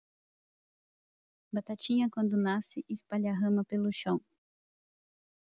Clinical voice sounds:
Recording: short text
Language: Brazilian Portuguese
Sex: female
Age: 20 to 29 years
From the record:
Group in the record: control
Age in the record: 29 years

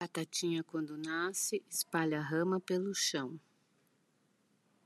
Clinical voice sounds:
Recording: short text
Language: Brazilian Portuguese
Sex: female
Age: 40 to 49 years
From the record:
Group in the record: control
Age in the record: 49 years

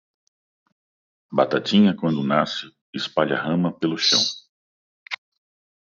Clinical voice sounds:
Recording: short text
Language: Brazilian Portuguese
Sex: male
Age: 50 to 59 years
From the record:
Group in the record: control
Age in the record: 59 years

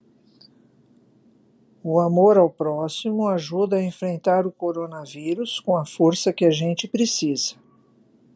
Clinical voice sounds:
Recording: spoken sentence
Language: Brazilian Portuguese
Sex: female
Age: 60 to 69 years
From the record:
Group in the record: control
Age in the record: 66 years

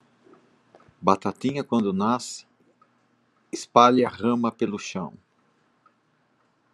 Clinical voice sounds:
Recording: short text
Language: Brazilian Portuguese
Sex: male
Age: 60 to 69 years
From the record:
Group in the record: control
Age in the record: 60 years

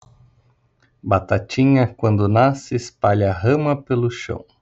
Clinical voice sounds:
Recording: short text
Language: Brazilian Portuguese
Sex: female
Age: 30 to 39 years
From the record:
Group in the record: control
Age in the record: 37 years

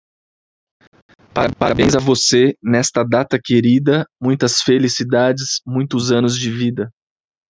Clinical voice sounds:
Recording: short text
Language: Brazilian Portuguese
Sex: male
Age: 30 to 39 years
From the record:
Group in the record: control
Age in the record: 31 years

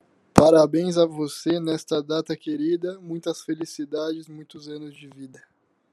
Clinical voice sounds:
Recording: short text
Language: Brazilian Portuguese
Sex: male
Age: 18 to 19 years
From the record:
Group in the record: control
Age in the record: 19 years

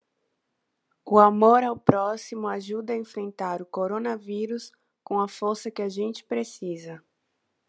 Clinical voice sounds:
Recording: spoken sentence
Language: Brazilian Portuguese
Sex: female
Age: 20 to 29 years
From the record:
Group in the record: control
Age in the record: 23 years

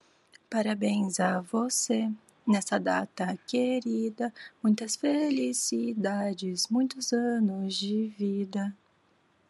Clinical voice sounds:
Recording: short text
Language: Brazilian Portuguese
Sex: female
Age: 18 to 19 years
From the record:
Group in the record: control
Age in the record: 18 years

